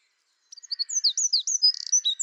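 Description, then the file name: Eurasian wren singing after a brief pause: rapid high whistled notes sliding up and down, a short buzzy burst, then more quick tinkling phrases. "Troglodytes troglodytes"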